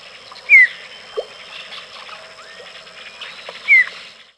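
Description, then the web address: Black skimmer calls: two brief falling yelps about three seconds apart, with softer calls in the background. "Peterson North American Birds"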